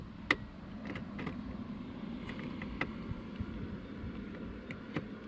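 A remote-starter T-harness plug is pushed into the car's factory wiring connector behind the dash, and after some effort it snaps in and locks in place. A sharp click lands at 0.3 s, followed by softer knocks and rustling around 2.8 s and 5.0 s over a steady low hum. The connector is seated.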